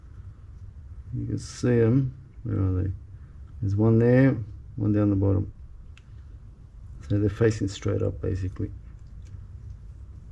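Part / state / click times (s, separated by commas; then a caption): internal metal part into fishing reel body / not seated / none. Someone talks while lining up a metal part with tabs inside the body of a Shimano Stella FE fishing reel so the tabs face straight up, with faint light ticks of handling near 6.0 s and 9.3 s. The part is only being handled, and nothing has seated or clicked yet.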